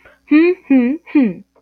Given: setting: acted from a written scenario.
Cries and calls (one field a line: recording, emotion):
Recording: vocal sound without words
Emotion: pride